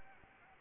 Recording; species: mosquito wingbeat signal from an infrared sensor; Anopheles gambiae